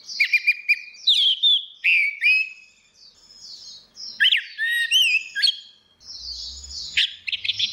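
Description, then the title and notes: Orange-headed thrush singing a rapid, nonstop medley of bright whistles, twitters and slurred notes, with a brief low rumble in the background near the end. Continuous singing style (ngeplong); a masteran recording used for training other birds. "Anis Kembang 5. Suara Burung Anis Merah Ngeplong - Versi 6. Masteran Anis Kembang"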